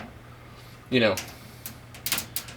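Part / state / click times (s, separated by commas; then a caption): zip tie tail into its ratchet head, securing a lamp in a terrarium / seated / 2.1 s, 2.4 s. Someone talks briefly, then a large plastic zip tie, looped loosely around a lamp fixture to secure it in a terrarium, has its tail pushed into the ratchet head. Two sharp ratchet clicks are heard at 2.1 s and 2.4 s, as the tie is started just one or two notches. The zip tie is seated, left loose.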